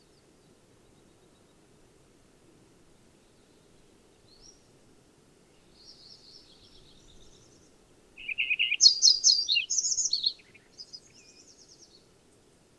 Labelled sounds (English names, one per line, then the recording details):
Lincoln's Sparrow song
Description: Lincoln's Sparrow song recorded from two different birds on the Cow Creek Trail in Rocky Mountain National Park
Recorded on 22 June 2015